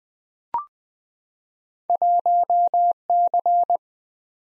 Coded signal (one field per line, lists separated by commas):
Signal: Morse code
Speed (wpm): 20 wpm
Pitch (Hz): 700 Hz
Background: none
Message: 1C